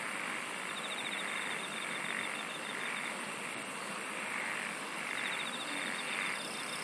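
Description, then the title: Insects singing: a fine pulsed trill that comes and goes, a higher rapid buzzing starting midway, and a constant hissing background throughout. "SINGING OF INSECTS"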